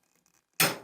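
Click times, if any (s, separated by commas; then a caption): 0.6 s. A hand riveter's handle is squeezed on a metal pop rivet sitting in a hole in sheet metal, with a few faint ticks first at about 0.2, 0.3 and 0.4 s. At 0.6 s the mandrel stem snaps with a sharp, loud pop that rings out briefly and fades. The rivet is set flush in the hole.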